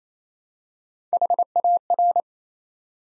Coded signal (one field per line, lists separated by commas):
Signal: Morse code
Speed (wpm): 29 wpm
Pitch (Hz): 700 Hz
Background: none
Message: HAR